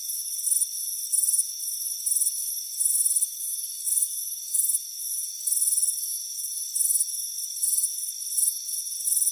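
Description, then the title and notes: Cricket chirping, high pulsed trills repeating, uneven in spacing, over a constant thin ringing drone. Warm afternoon, front porch. "Soothing Crickets Chirping Sound. It's a warm afternoon as you relax in a hammock on the front porch"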